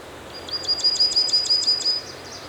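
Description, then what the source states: Bird song: a quick series of high, sharp repeated notes riding on a steady thin tone, fading into a few softer notes at the end, over faint hiss. Birds singing in a forest.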